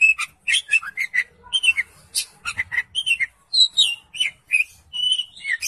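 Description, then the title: Oriental magpie-robin song of clear whistled notes alternating with buzzy chirps, delivered in a steady stream of short phrases. "Kacer"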